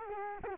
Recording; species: mosquito wingbeat signal from an infrared sensor; Culex quinquefasciatus